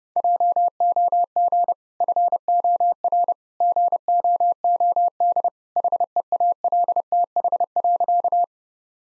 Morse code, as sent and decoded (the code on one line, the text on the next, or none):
.--- --- --. / ..-. --- .-. / --. --- --- -.. / .... . .- .-.. - .... .-.-.-
JOG FOR GOOD HEALTH.